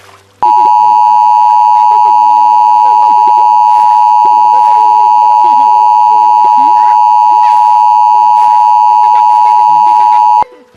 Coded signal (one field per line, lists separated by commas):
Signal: Emergency Alert System (SAME) tones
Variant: 853 and 960 Hz attention tone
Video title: [Made with KineMaster 5] EAS Mock: Clarksville Tornado